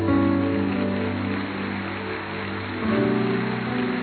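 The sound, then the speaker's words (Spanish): A church audience claps steadily for God in a dense, continuous patter, with sustained keyboard chords holding underneath. The clapping swells slightly toward the end. “Si ese aplauso es para Dios, dale un aplauso fuerte.”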